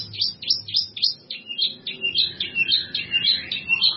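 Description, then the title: Bird song of sharp downslurred notes, then shifting into a quicker run of twittering phrases. "burung"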